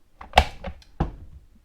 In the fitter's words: then just press in until you hear it click.